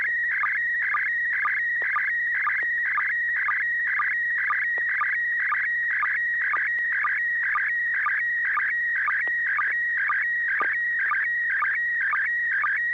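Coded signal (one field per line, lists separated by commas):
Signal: SSTV (slow-scan television)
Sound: steady warbling whistle near 2 kHz with quick low chirps about twice per second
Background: low hum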